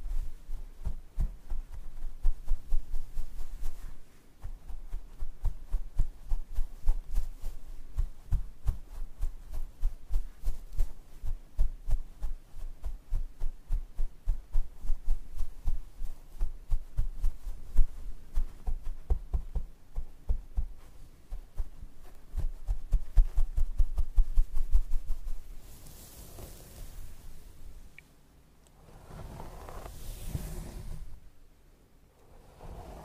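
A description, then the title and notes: Scalp massage and hair brushing: dense, rapid scratchy strokes repeat in a quick, fairly regular rhythm for the first 25 seconds, with soft low thumps beneath. After that the brushing stops, leaving a couple of softer whooshing rubs and quieter pauses near the end. Scalp Massage & Hair Brushing.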